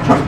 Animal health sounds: pig call; growing-finishing pig (85 days or more)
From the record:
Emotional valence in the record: positive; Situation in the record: run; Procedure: transit

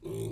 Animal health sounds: pig call; weaner (32 to 43 days)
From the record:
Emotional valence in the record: negative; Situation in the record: novel object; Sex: female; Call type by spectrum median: low-frequency call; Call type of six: low-frequency stable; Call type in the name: low-frequency stable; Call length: 0.32 s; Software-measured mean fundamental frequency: 49 Hz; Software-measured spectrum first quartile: 186 Hz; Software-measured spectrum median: 369 Hz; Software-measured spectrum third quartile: 851 Hz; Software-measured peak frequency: 368 Hz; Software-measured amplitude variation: 132 dB a second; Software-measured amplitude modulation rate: 29.5 a second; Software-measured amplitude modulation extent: 4.5 dB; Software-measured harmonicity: 4.0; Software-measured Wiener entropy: -1.34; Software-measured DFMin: 1047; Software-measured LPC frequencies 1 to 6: 368, 2337, 3570, 6190, 7320, 8444 Hz

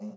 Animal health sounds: pig call; piglet (1 to 25 days)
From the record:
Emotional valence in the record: negative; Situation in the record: long isolation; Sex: male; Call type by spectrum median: low-frequency call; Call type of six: low-frequency stable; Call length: 0.17 s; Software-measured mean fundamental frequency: 58 Hz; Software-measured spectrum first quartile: 210 Hz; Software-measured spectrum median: 245 Hz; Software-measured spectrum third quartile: 451 Hz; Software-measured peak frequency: 209 Hz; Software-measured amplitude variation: 115 dB a second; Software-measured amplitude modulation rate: 9.1 a second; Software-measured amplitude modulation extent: 12.7 dB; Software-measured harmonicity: 7.8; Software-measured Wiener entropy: -0.28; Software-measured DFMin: 1003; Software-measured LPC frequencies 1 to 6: 2074, 2658, 4289, 5188, 6034, 6609 Hz

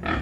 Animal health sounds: pig call; growing-finishing pig (85 days or more)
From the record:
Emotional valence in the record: negative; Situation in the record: barren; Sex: female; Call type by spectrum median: low-frequency call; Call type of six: low-frequency modulated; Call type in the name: low-frequency modulated, not sure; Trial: 1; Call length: 0.22 s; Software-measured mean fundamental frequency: 60 Hz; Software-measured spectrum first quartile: 241 Hz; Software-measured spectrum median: 751 Hz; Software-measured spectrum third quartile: 1637 Hz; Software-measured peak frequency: 79 Hz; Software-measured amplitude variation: 170 dB a second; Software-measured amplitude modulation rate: 24.5 a second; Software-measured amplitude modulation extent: 6.9 dB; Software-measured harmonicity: 0.4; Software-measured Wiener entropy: -1.35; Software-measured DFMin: 508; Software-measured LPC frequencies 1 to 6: 462, 1287, 1794, 2417, 3334, 3951 Hz

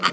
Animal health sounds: pig call; piglet (1 to 25 days)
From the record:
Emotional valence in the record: positive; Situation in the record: before nursing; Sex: male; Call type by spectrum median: low-frequency call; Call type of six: low-frequency tonal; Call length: 0.12 s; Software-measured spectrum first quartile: 1179 Hz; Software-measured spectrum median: 1845 Hz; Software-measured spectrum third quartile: 3393 Hz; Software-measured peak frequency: 1254 Hz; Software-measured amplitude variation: 198 dB a second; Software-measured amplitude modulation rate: 4.0 a second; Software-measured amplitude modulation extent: 49.0 dB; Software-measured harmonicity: 1.3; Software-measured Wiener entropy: -1.41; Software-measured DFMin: 914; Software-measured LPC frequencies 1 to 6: 1246, 2119, 3048, 4516, 5765, 7333 Hz

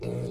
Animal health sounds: pig call; weaner (32 to 43 days)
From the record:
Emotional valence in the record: negative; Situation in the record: short isolation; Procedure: open field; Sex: female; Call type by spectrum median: low-frequency call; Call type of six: low-frequency stable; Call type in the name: low-frequency stable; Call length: 0.31 s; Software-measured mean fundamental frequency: 60 Hz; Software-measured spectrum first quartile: 139 Hz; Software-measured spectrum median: 285 Hz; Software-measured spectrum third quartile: 507 Hz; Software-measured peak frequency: 420 Hz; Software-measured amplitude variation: 108 dB a second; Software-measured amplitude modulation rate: 43.5 a second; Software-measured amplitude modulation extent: 2.5 dB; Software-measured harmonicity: -1.5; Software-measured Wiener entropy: -0.37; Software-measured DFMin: 714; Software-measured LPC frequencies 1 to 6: 439, 2502, 3882, 4434, 5902, 6725 Hz

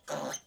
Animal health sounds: pig call; piglet (1 to 25 days)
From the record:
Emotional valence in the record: negative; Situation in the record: restrain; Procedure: back test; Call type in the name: low-frequency call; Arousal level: maximum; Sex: female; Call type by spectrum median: low-frequency call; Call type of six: low-frequency stable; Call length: 0.47 s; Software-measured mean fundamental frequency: 56 Hz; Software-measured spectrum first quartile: 627 Hz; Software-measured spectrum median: 1553 Hz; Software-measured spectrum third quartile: 5372 Hz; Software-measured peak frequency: 580 Hz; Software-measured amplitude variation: 195 dB a second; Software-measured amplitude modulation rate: 13.9 a second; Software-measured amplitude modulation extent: 14.1 dB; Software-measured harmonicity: 2.1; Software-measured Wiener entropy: -1.94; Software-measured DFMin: 830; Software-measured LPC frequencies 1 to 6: 629, 1305, 3134, 3973, 6254, 7821 Hz

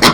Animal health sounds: pig call; piglet (1 to 25 days)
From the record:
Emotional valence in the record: positive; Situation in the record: reunion after long isolation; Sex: male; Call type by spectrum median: low-frequency call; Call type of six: low-frequency tonal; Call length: 0.14 s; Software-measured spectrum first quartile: 758 Hz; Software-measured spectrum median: 1974 Hz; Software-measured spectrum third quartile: 4308 Hz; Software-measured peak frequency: 177 Hz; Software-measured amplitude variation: 101 dB a second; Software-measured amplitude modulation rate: 3.5 a second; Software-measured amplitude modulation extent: 29.2 dB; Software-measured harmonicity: -1.8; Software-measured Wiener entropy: -1.57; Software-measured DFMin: 993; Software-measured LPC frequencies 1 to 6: 1130, 2051, 3339, 4100, 5369, 6769 Hz

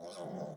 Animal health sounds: pig call; piglet (1 to 25 days)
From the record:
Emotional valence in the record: negative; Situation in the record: long isolation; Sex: male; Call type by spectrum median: low-frequency call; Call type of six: mixed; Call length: 0.57 s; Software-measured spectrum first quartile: 308 Hz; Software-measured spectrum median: 571 Hz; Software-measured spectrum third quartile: 1000 Hz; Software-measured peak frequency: 185 Hz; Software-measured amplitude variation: 115 dB a second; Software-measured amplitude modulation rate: 23.7 a second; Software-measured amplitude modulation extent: 4.9 dB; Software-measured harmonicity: 2.8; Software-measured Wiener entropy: -0.44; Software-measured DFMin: 1131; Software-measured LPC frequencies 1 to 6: 598, 3383, 3950, 5345, 6413, 7995 Hz

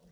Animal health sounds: pig call; piglet (1 to 25 days)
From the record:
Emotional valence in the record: positive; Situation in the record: reunion after long isolation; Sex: male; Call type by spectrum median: low-frequency call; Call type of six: low-frequency tonal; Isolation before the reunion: 8 minutes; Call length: 0.12 s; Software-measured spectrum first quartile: 160 Hz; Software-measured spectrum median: 390 Hz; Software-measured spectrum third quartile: 1433 Hz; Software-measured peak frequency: 174 Hz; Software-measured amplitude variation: 70 dB a second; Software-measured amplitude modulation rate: 8.3 a second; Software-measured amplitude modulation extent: 8.4 dB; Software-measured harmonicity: 3.9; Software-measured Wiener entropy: -1.77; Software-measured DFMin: 873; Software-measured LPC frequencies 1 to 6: 1800, 3044, 3759, 4677, 5661, 8001 Hz

